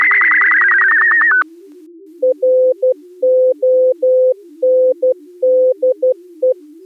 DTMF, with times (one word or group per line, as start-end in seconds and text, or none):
none